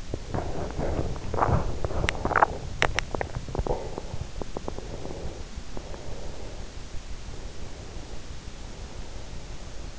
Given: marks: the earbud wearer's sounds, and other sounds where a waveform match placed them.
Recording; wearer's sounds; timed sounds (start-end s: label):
sounds in sleep by an in-ear microphone; teeth grinding, swallowing, breath
0.00-3.20 s: teeth grinding
3.20-4.35 s: swallowing
4.53-6.68 s: breath